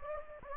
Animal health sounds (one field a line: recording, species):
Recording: mosquito wingbeat signal from an infrared sensor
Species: Anopheles gambiae